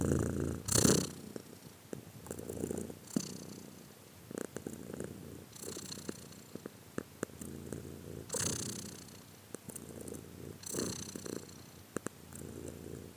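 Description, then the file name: Cat purring, a quiet low rumble with periodic breathy swells and small tapping clicks between them. "arseniiv cat-again"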